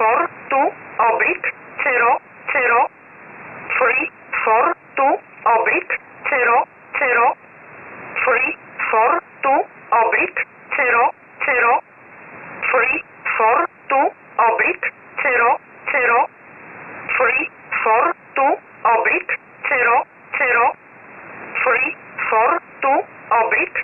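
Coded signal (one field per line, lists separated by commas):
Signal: numbers station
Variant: E11 Oblique, English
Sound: a voice reading short, evenly spaced words, like numbers, over a narrow radio channel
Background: radio static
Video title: 19 08 2022 Numbers Station E11 Oblique in English to Eu 0745 on 15720 Warsaw in USB mode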